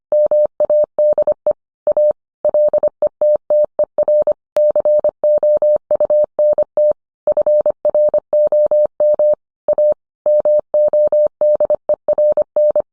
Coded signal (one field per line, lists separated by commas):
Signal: Morse code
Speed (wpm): 25 wpm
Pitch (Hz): 600 Hz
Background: none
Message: MADE A LETTER COUNT FROM A MODERN